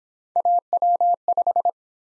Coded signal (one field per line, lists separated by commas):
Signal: Morse code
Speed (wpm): 25 wpm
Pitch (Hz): 700 Hz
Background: none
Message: AW5